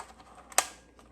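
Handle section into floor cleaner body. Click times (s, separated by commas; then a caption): 0.6 s. The upper handle section of a Kenmore HF5010 cordless wet/dry floor cleaner is pressed down onto the body's power connector. A sharp, bright click at 0.6 s marks it seating into place, with faint ticks just before and around 1.0 s. The handle is confirmed clicked in and seated.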